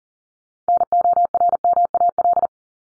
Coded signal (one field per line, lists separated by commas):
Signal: Morse code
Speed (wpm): 40 wpm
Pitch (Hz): 700 Hz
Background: none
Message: NORMAL